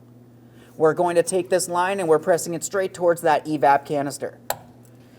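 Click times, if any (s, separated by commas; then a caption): 4.8 s. Someone talks while pressing the smaller evap line quick-connector, with its blue lock still in place, straight onto the evap canister fitting on a 2007-2014 GMC Sierra 2500 HD 6.0L V8 during fuel pump module replacement. A short, sharp click is heard at 4.9 s as the connector seats, and a tug test confirms it does not slide out of place.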